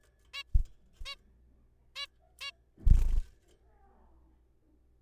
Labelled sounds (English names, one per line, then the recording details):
Zebra Finch
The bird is a juvenile
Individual R3428